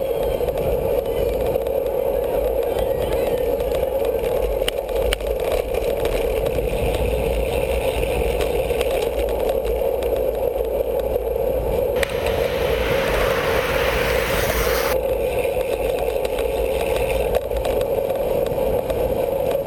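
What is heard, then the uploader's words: Audio from a criterium bike race: a steady, dense roar with a strong mid-low hum and rumbling low end that holds level throughout. From about 12 to 15 seconds a bright hissing rush rises over it, then cuts away, leaving the constant drone. 30 Minutes of Bicycle Racing Audio From EpicPlanet.tv. Audio from an actual Criterium bike race.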